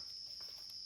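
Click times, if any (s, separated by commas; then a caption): none. A metal socket is being handled onto the square drive anvil of an impact wrench, where it will be tapped home past the stiff retaining ring. A steady high-pitched tone near 5 kHz runs throughout, with faint soft handling noise around 0.4 and 0.7 seconds. Nothing has seated or clicked yet.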